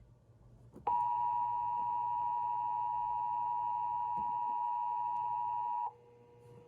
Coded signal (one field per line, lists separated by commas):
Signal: Emergency Alert System (SAME) tones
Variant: 853 and 960 Hz attention tone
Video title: EAS 1404-1405: Georgia Amber Alert